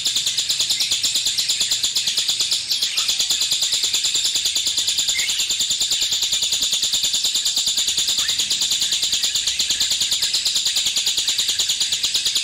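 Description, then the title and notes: Streaked spiderhunter song, an intense high chattering stream of very fast, slightly buzzy notes running continuously without a break. Long, clear, prolific ('gacor') singing; bird-training (masteran) recording. "Pijantung Gunung Gacor Jernih Panjang. Masteran burung"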